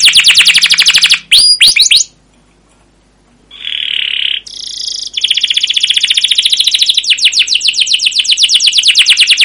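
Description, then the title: Canary song: fast rolling trills of high notes, a brief pause, then a steady buzzy note and a long rapid rolling trill to the end. Canary song used as a lure (pancingan) for training other canaries; described as gacor, long rolling song (ngerol) with cuit cuit notes. "CUIT CUIT NGEROL LANGSUNG GACOR PANJANG Kenari Ini AMPUH Utk Pancingan KENAR. Masteran Suara Burung Kenari Gacor Panjang cuit cuit Ngerol untuk Pancingan Kenari!"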